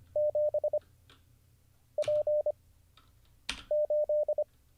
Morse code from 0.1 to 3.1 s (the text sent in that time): 7 P